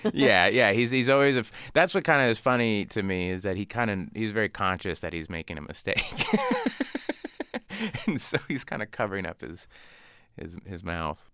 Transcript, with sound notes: yeah, he's always - that's what kind of is funny to me is that he kind of - he's very conscious that he's making a mistake.
(LAUGHTER)
And so he's kind of covering up his mouth.